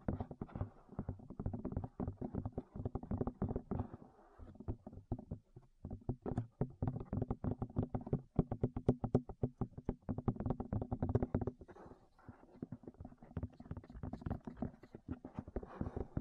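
Rapid ear tapping, with dense, uneven bursts of soft muffled thumps carrying a low, hollow tone. Brief gaps break the pattern around four to six seconds and again near twelve seconds, then the fast tapping resumes and continues to the end.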